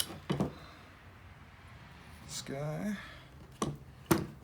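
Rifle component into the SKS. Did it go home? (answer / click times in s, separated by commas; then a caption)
yes / 3.6 s, 4.1 s. A metal part of a Chinese Type 56 SKS rifle is put back in, with two short metallic clicks at 3.6 s and 4.1 s, and the part seats. Someone talks, and a faint rattle and handling sounds come between the clicks.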